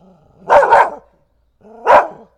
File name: dog